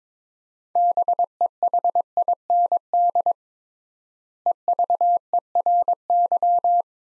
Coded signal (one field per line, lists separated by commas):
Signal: Morse code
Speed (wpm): 22 wpm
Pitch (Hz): 700 Hz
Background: none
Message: BEHIND EVERY